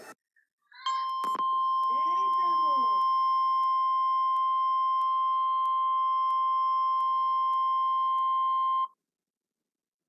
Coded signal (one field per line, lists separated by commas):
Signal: Emergency Alert System (SAME) tones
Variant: 1050 Hz attention tone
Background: speech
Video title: EAS Scenario : Demon Uponus